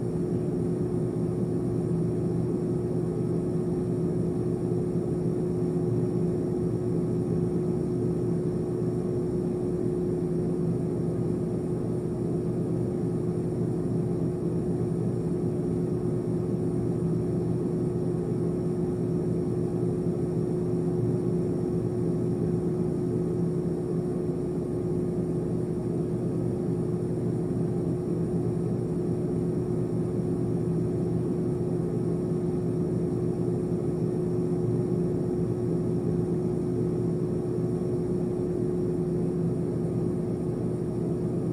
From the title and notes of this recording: ASMR Low Buzzing Noise.